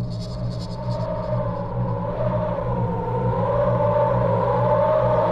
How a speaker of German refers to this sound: Der Sturm tobt unvermindert. Die Schneedrift macht es fast unmöglich, etwas zu sehen.